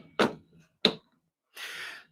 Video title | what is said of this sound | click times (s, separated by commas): SnapMaker U1 Is Here | Push it in and slide it back. She's locked in. | 0.9 s